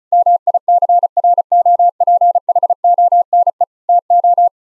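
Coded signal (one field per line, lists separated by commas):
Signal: Morse code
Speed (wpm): 36 wpm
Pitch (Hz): 700 Hz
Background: none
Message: MICROPHONE TO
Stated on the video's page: Morse generated by the ehoCW Windows program over Mumble voice chat at low latency, recorded from a remote Linux laptop.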